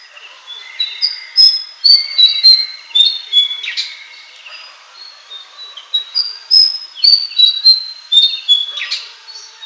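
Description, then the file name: Flycatcher song: two bursts of varied high whistles, chips and brief trills, each ending in a buzzy note. "suara burung sikatan"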